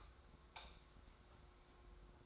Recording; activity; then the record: daily activity, microphone in the room; light off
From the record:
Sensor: 3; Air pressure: 991.1 hPa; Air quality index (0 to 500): 114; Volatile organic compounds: 67 ppm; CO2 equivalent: 3492 ppm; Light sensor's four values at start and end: 38/94/38/35 and 36/85/34/32